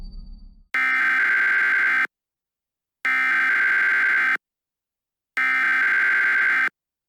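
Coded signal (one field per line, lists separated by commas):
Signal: Emergency Alert System (SAME) tones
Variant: header bursts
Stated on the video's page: Fictional EAS scenario about hostile aliens, not a real alert.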